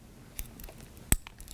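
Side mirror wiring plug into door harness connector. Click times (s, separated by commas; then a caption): 1.1 s. On a 1984-2001 Jeep Cherokee, a side mirror's wiring plug is lined up with the tab on the door harness's female connector and pushed in. A few faint ticks lead up to one sharp, loud snap at 1.1 s, followed by a couple of softer clicks. The connector is seated.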